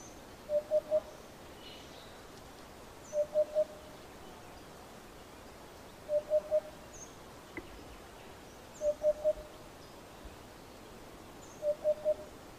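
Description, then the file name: Eurasian hoopoe song of soft low three-note hoots repeated steadily roughly every three seconds, five phrases, against light background noise and a few faint chirps. "Abubilla"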